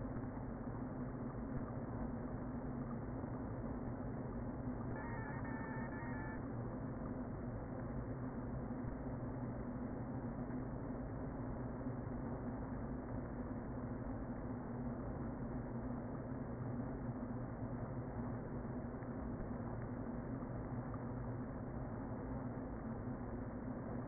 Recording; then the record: honeybee colony, microphone inside the hive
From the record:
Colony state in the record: queen present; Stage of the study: before two queens were removed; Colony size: about 60,000 bees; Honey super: yes